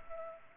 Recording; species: mosquito wingbeat signal from an infrared sensor; Culex pipiens